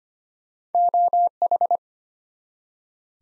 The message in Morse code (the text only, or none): OH